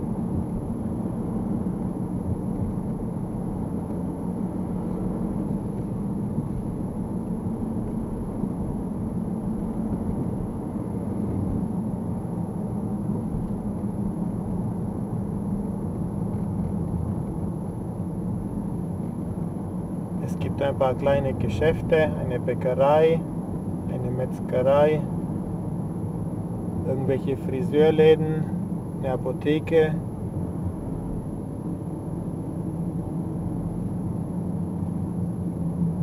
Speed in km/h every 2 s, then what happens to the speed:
50, 50, 49, 49, 49, 47, 45, 43, 40, 41, 42, 41, 41, 38, 37, 38, 38, 37.
0-8 steady at about 49. 8-16 slows to 40. 16-36 steady at about 38.